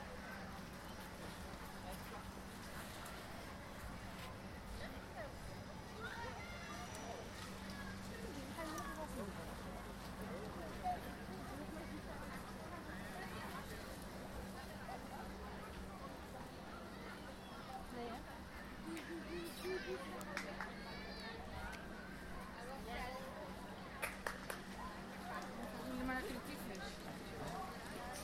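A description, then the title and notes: Visitors talk all around during a walk through the zoo, with overlapping voices forming a steady crowd murmur. A low, constant hum runs underneath throughout, and a few sharper knocks or clicks stand out around 11, 20 and 24–25 seconds. A walk through the zoo Blijdorp, Rotterdam. It was way too crowded. It was too hot for the animals to do anything at all. Record the visitors around me while walking through the zoo.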